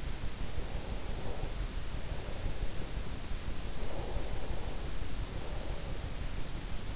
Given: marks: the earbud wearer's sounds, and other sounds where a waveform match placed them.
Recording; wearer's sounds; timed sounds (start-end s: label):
sounds in sleep by an in-ear microphone; breath
0.39-6.96 s: breath